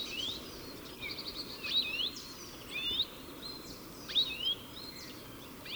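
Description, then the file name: European goldfinch with clear twittered call notes, sliding up and down, coming in loose clusters against steady low rumble and hiss. "Carduelis carduelis"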